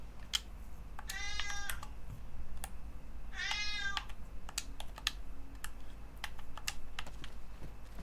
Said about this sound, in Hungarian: A háttérben a cicát halljátok egyébként, aki nehezményezi, hogy még mindig nem kapott ebédet.